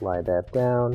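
A plastic retaining clip is being slid down onto the upper dishrack (W11169039, AP6284529) of a Whirlpool dishwasher while someone talks. The clip has not seated or clicked into place yet.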